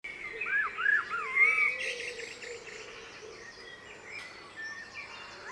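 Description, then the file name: Common blackbird giving a short mellow warbled phrase with looping notes, then fainter high twittering notes over a low drone. "Turdus merula"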